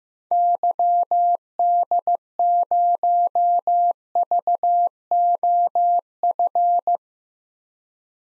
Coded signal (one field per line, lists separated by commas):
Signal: Morse code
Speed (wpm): 15 wpm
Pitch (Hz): 700 Hz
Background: none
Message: YD0VOF